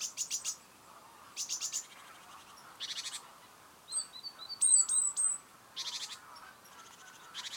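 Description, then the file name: Great tit calls: short rasping bursts of three to five notes repeated irregularly, broken midway by a quick series of thin whistled notes. "Parus major"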